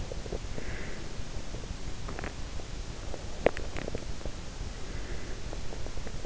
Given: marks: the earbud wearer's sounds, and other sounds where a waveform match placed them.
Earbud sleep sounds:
sounds in sleep by an in-ear microphone; teeth grinding, breath
0.00-0.84 s: teeth grinding
0.57-1.23 s: breath
1.99-2.47 s: teeth grinding
3.14-4.11 s: teeth grinding

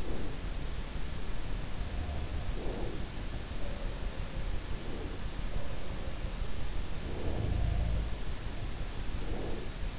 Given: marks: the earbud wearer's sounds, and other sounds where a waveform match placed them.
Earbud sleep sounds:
sounds in sleep by an in-ear microphone; breath
0.00-0.48 s: breath
2.55-3.00 s: breath
4.88-5.14 s: breath
6.88-8.18 s: sound from someone else or the room
9.15-9.70 s: breath

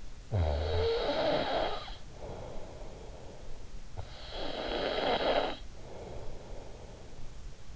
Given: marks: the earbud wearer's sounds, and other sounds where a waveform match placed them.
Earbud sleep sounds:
sounds in sleep by an in-ear microphone; snoring breath
0.00-3.54 s: snoring breath
3.94-7.54 s: snoring breath

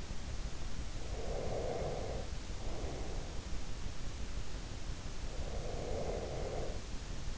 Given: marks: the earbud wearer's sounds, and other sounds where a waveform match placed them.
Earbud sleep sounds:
sounds in sleep by an in-ear microphone; breath
0.65-3.61 s: breath
4.91-7.38 s: breath

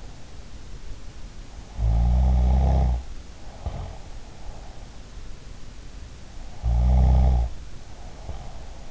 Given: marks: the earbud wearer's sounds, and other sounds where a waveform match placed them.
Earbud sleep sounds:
sounds in sleep by an in-ear microphone; snoring breath
1.71-4.13 s: snoring breath
6.49-8.91 s: snoring breath

